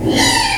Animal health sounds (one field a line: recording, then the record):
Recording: squeal of a Yucatan mini pig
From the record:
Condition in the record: before surgery on the right vocal fold (resection and tissue-engineered implant)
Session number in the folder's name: 2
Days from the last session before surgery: 0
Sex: male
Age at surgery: 12 weeks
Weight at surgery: 13 kg